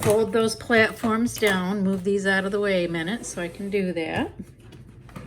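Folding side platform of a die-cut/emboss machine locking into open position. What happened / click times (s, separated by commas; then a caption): The platforms are being handled but have not clicked into place yet / none. Someone talks while handling the folding side platforms of a Stampin' Cut & Emboss die-cutting and embossing machine. As the talking stops, a few faint knocks and taps are heard near the end, but both hinged platforms are still only being handled and nothing has clicked into the open position yet.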